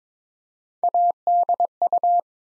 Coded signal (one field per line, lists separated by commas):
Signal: Morse code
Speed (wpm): 22 wpm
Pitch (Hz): 700 Hz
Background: none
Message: ADU